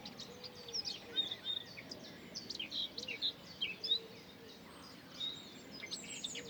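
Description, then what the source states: Bird song, scattered high chirps and short twittering notes coming in bursts over a noisy background, with a faint low coo now and then. Recorded in the morning.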